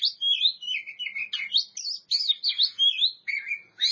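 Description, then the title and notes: Oriental magpie-robin song, a rich run of whistled and slurred notes sweeping between high and mid pitch, with brief pauses between phrases. Champion singing bird. "Kicau Burung Kacer Juara. Suara Kicauan Burung Kacer Juara"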